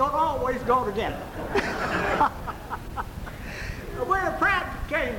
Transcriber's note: laughs